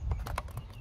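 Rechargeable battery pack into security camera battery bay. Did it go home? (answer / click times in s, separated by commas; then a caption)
yes / 0.4 s. A rechargeable battery pack is inserted into the battery compartment of a Ring Spotlight Cam Plus security camera and twisted, producing a series of short plastic ticks. The battery clicks into place and is seated at 0.4 s.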